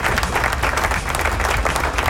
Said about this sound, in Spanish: ¡Aplauso!